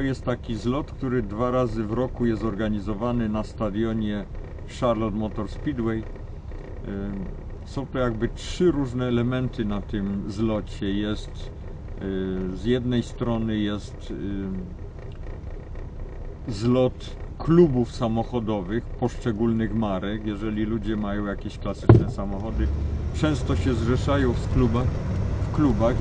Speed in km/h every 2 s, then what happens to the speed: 0, 0, 0, 0, 0, 0, 0, 0, 0, 0, 0, 0, 20.
0-22 standing. 22-26 pulls away to 20.